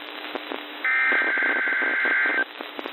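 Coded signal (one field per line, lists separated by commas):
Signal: Emergency Alert System (SAME) tones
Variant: header bursts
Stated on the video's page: NWS Pendleton weekly test on 162.45 MHz and NWS Spokane SAME and 1050 Hz weekly test on 162.475 MHz.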